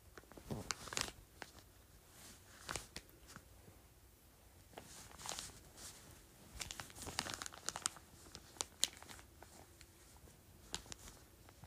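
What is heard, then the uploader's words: An ice pack is crinkled in irregular bursts of sharp, bright crackles separated by quieter rustling. The louder clusters come every couple of seconds, around the first second, near three, five, between seven and nine, and again near eleven, with a faint low murmur underneath. Crinkling Ice Pack.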